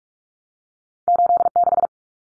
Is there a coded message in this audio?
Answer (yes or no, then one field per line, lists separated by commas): yes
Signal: Morse code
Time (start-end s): 1.1-1.9 s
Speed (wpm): 44 wpm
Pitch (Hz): 700 Hz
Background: none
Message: 86